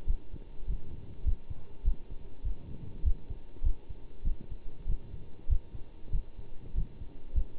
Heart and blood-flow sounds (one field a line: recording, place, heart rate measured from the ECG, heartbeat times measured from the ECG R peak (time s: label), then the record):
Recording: heart sounds by stethoscope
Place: between the tricuspid and mitral areas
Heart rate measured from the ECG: 99 bpm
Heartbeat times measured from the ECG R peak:
0.07 s: heartbeat
0.67 s: heartbeat
1.25 s: heartbeat
1.84 s: heartbeat
2.44 s: heartbeat
3.04 s: heartbeat
3.63 s: heartbeat
4.24 s: heartbeat
4.86 s: heartbeat
5.49 s: heartbeat
6.12 s: heartbeat
6.75 s: heartbeat
7.34 s: heartbeat
From the record:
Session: bicycle stress test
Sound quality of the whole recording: good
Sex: male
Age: 27 years